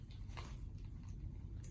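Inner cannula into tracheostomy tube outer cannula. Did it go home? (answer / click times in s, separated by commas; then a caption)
yes / 1.6 s. A cleaned tracheostomy inner cannula is reinserted into the tracheostomy tube's outer cannula and twisted or pushed into place, with a few soft handling sounds over a low rumble. A sharp, short click at 1.6 s marks the inner cannula locking in and seating.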